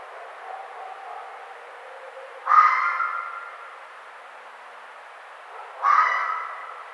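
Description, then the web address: Red fox call: two harsh, rasping screams about three and a half seconds apart, each starting abruptly and fading slowly, over a steady hiss. Recorded on 1 May 2009. "Red Fox 2009 05 01 Red Fox"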